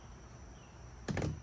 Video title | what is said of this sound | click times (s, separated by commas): How to set up your travel trailer at the campground | feel it click in you can see the tabs engage and now we are set up | 1.1 s, 1.2 s